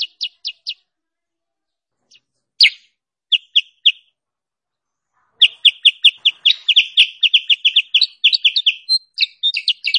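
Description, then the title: Sooty-headed bulbul singing: four quick chirps, then a long silence and a few scattered notes, before a dense, rapid chattering run of high twittering notes takes over. Tutor recording for training caged birds and lure call for trapping them. "Masteran Kutilang Sutra. suara pikat burung kutilang sutra terbaru paling ampuh"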